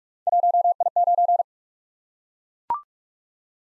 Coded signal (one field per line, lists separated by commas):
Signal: Morse code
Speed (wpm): 44 wpm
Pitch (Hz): 700 Hz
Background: none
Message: 1I9